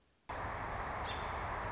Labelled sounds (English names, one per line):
American Robin